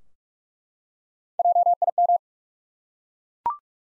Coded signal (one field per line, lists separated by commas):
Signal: Morse code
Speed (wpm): 43 wpm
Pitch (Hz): 700 Hz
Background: none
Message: JIM